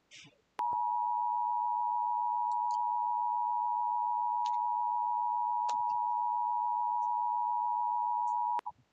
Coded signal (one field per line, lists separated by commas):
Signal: Emergency Alert System (SAME) tones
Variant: 853 and 960 Hz attention tone